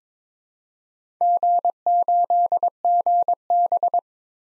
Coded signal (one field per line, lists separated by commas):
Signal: Morse code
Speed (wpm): 22 wpm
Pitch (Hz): 700 Hz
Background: none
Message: G8GB